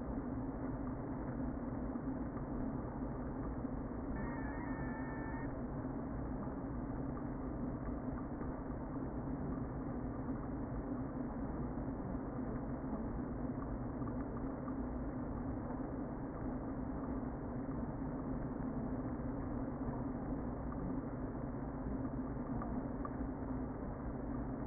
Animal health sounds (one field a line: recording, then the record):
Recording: honeybee colony, microphone inside the hive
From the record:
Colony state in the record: queen present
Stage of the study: before two queens were removed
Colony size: about 60,000 bees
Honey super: yes